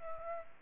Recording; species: mosquito wingbeat signal from an infrared sensor; Aedes aegypti